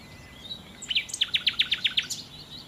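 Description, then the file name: Common nightingale song: a quick run of several loud, sharp, downslurred notes repeated evenly, framed by softer twittering. "Nachtigall"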